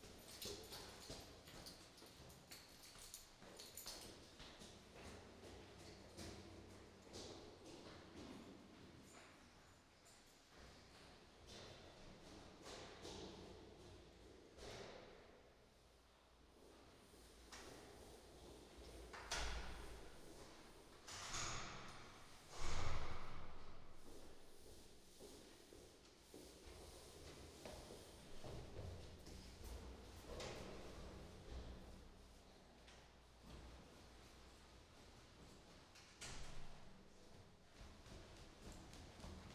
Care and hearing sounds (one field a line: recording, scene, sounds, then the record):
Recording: everyday scene through a hearing-aid microphone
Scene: reverberant space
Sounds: background noise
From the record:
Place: staircase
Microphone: in the ear canal, right